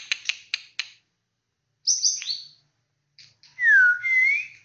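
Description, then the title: White-rumped shama: four quick sharp chips, a pause, a descending whistled flourish, then a long pure whistle. "murai batu"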